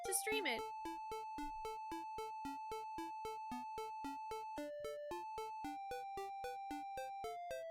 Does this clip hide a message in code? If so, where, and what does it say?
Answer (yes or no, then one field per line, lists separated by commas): no